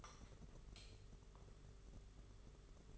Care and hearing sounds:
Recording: daily activity, microphone in the room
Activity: light on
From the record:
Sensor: 4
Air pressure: 991.8 hPa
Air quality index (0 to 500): 98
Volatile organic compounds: 11 ppm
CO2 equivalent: 2284 ppm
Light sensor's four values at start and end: 7/16/6/6 and 9/25/9/11

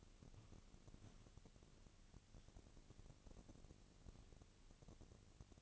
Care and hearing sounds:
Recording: daily activity, microphone in the room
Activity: walk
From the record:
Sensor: 4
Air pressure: 1013.0 hPa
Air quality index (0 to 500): 174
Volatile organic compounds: 2 ppm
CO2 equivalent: 1098 ppm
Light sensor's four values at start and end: 69/171/73/77 and 71/175/75/79

